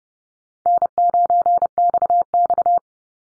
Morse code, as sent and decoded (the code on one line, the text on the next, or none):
-. ----. -..- -..-
N9XX